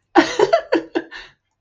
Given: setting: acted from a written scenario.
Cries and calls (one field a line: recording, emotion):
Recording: vocal sound without words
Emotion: amusement